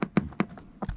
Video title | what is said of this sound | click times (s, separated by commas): 2018 Cobalt CS23 Surf Boat For Sale near Douglas Lake Tennessee - SOLD! | right there that's all it takes that pops into place | 0.2 s, 0.4 s